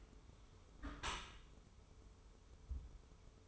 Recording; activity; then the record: daily activity, microphone in the room; close dishwasher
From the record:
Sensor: 1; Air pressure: 1015.0 hPa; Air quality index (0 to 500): 26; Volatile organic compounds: 1 ppm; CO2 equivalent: 511 ppm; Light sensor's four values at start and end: 13/30/13/14 and 13/30/13/14